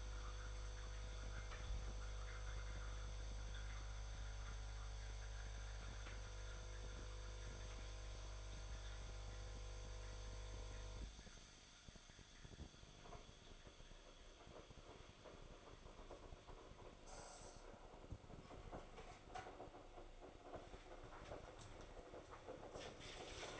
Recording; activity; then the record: daily activity, microphone in the room; make coffee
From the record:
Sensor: 5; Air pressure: 995.3 hPa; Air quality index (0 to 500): 97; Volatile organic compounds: 6 ppm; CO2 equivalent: 1840 ppm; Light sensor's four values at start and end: 27/65/26/26 and 26/63/25/26